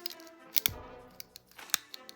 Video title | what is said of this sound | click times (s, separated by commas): Toy Hunting for Vintage Treasure in West Tokyo. Toy Shopping in Japan | Doesn't look like it clicks into place very well. | none